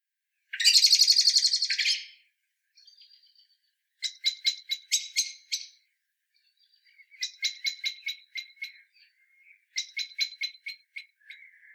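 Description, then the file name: Common blackbird calling: a dense harsh burst, then sharp chacking notes in quick bursts separated by pauses and soft thin notes. "Turdus merula"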